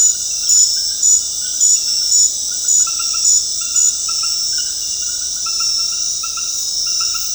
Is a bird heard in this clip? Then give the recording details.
no. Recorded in dense forest near Puerto Asís, Putumayo, Colombia, on 21 February 2024 at 22:30. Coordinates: 0.485, -76.325. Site G6429